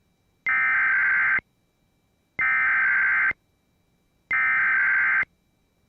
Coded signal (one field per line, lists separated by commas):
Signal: Emergency Alert System (SAME) tones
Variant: header bursts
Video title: HELLO 2022! | EAS Alerts from 1/9/2022 (EAS #912-922)